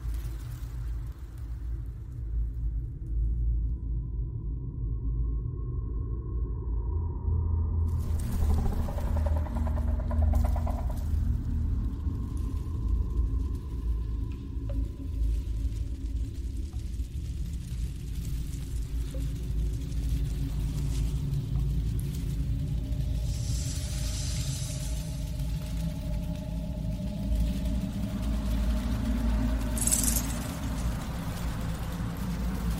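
Alien hive ambience built on a deep, constant rumble that never lets up. Thin whining tones drift in and out above it, and around twenty-five seconds a hissing swell rises, with a sharp bright crackle near thirty seconds.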